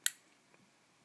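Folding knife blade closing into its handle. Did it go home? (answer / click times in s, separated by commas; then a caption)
yes / 0.1 s. A Buck Mayo TNT folding knife has its lock released and its blade closed into the handle. The blade snaps shut with one sharp, bright click at 0.1 s that quickly dies away, followed by a faint tick near 0.5 s. The blade is seated in its closed position.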